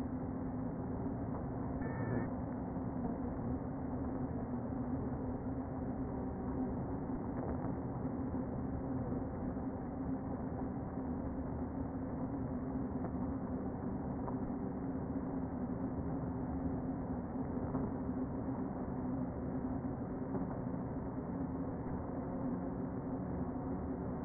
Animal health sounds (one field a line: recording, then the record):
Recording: honeybee colony, microphone inside the hive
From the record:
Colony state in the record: queen present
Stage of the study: before two queens were removed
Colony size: about 60,000 bees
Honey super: yes